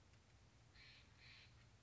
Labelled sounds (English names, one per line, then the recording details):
Steller's Jay
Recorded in Sonoma County, California